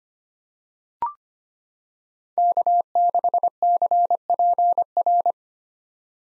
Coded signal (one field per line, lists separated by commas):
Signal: Morse code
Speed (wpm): 25 wpm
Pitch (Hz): 700 Hz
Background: none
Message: K6CPR